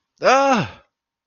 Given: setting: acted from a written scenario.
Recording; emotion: vocal sound without words; negative surprise